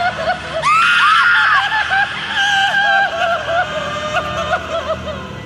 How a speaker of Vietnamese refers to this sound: Chỉ nghe tiếng quỷ âm trong bụng mụ ta vang lên thề thiết như nghìn vạn con quỷ đang gào khóc.